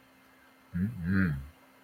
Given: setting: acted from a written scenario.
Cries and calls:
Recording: vocal sound without words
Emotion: romantic love

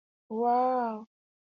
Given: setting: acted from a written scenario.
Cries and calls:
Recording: vocal sound without words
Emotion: ecstasy

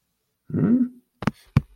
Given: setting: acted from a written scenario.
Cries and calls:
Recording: vocal sound without words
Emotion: confusion

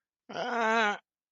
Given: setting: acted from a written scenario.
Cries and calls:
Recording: vocal sound without words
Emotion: fear

